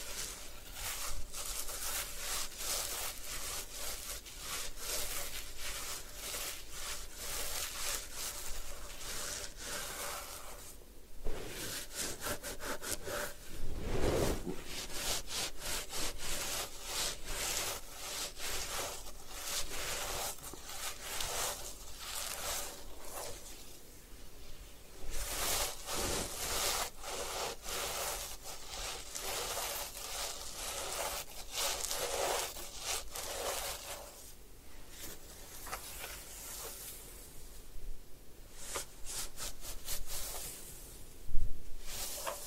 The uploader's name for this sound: Head Spa Hair Wash, Massage, Ear Cleaning